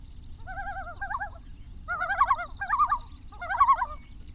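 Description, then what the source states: Common Loon giving several quavering, rapidly wavering tremolo calls in bursts, the later ones louder, over a faint low background rumble. Common loons in Wisconsin, recorded on 28 August 2006.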